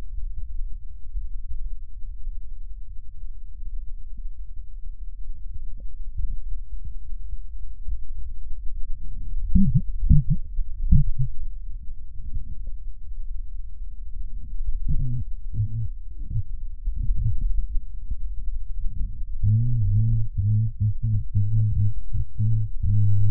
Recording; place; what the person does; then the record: lung sounds by stethoscope; left posterior basal chest; quiet breathing, then cough and speech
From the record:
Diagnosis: none (healthy); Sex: male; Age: 35 years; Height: 186 cm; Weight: 108 kg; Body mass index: 31.2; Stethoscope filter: bell mode